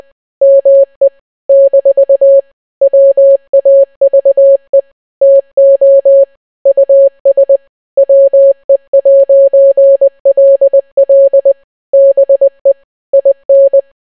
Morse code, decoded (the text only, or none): ME - WAVE TO US WE'LL BE IN